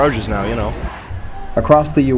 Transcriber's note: nat sound: protesters